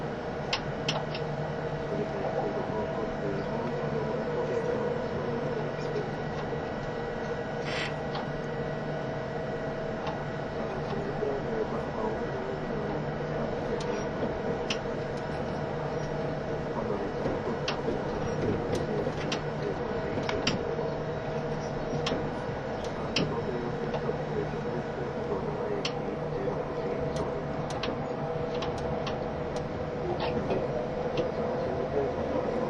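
Interior of an E351 series Super Azusa express between Hachioji and Shinjuku: a steady low rumble and hum, with scattered sharp clicks and rattles throughout.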